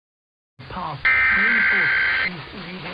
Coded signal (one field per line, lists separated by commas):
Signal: Emergency Alert System (SAME) tones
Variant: header bursts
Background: speech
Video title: Cregefland states eas alarm